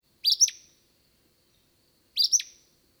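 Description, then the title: Acadian flycatcher song: a sharp, explosive two-part high note given twice, about two seconds apart, against a quiet background. Recorded at Rib Mountain on 12 July 2021. "2021-07-12 Acadian Flycatcher Rib Mt"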